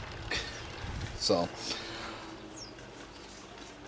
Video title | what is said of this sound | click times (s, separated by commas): what to know and how to change out a master cylinder on a Volkswagen rabbit. | and there we go and you will hear it click | 0.3 s